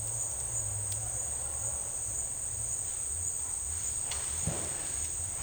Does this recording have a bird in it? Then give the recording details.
no. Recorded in dense forest near Puerto Asís, Putumayo, Colombia, on 26 December 2024 at 10:30. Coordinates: 0.485, -76.318. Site GP03